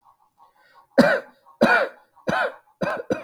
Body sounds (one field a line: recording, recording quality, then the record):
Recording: heavy voluntary cough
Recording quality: excellent, no background noise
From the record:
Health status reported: healthy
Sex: male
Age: 39 years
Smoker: no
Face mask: worn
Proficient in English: yes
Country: India